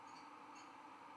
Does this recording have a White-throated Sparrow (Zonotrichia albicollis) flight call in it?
no